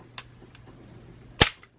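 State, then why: Seated. A transforming joint on a plastic robot figure is rotated toward its locking position; after a few faint ticks, a loud, sharp snap at 1.4 s marks the joint ratcheting and locking at 90°.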